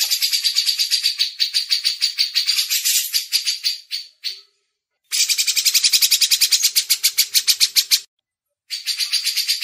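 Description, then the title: Grey-cheeked bulbul delivering buzzy, fast pulsed chattering in repeated runs with brief silent breaks. Masteran training audio. "MASTERAN CUCAK JENGGOT"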